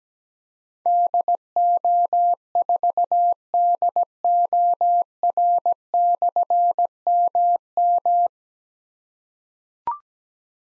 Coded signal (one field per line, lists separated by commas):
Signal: Morse code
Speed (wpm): 17 wpm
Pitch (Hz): 700 Hz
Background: none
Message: DO4DOR/MM